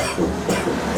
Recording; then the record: coughing mixed with background sound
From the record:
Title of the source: Residual Phlegmy Morning Coughing and Gagging